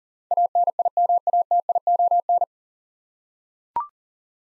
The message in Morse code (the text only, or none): ANIMATION